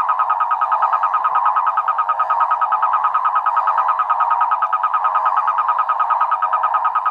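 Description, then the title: Frogs and toads: loud, rapid pulsed croaking, steady and unbroken throughout, forming a continuous rattling drone. Frogs and toads calling after spring rain, near San Javier, Córdoba region, Argentina. "Orgie de batraciens, Cordoba (AR)"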